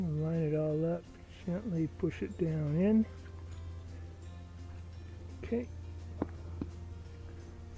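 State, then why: Seated. A rubber diaphragm and spring assembly for a sprinkler valve is lined up and gently pushed down into the valve body while someone talks over a steady low hum. After a quiet stretch, a sharp click at 6.2 s marks the diaphragm seating in place, followed by a fainter tick at 6.6 s, and it sits down nicely.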